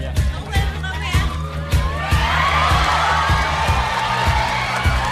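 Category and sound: crowd, audience applause and cheering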